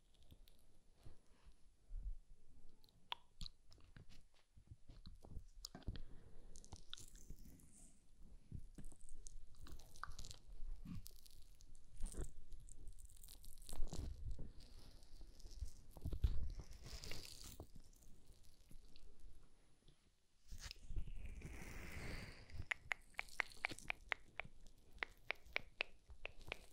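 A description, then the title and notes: Ear massage sounds: close rubbing, crinkling and tapping with many small crisp clicks and crunches, uneven in pace throughout. Brief swells of brushing rise around 14 and 22 seconds, and a fast run of sharp taps fills the last few seconds. EAR MASSAGE.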